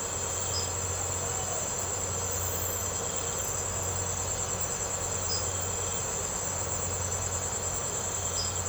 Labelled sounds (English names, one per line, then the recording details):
none
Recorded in secondary vegetation near Puerto Asís, Putumayo, Colombia, on 21 March 2025 at 04:00
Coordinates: 0.468, -76.324
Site G059